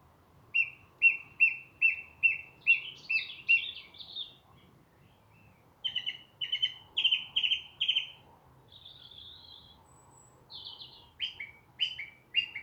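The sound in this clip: Song thrush singing loud whistled phrases, each repeated several times before switching, including a run of several identical notes, then varied buzzy and fluty phrases.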